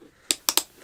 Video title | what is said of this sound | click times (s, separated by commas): Gear Talk Episode 87: All About Roces | and you hear the pops and you slap it in and you got to remember how many pops you needed | 0.3 s, 0.5 s, 0.6 s